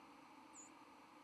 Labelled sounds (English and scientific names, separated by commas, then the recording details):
White-throated Sparrow (Zonotrichia albicollis) flight call
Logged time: 07:52 on 31 October 2014